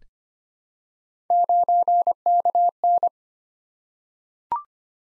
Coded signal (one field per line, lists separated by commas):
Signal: Morse code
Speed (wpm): 25 wpm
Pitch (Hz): 700 Hz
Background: none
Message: 9KN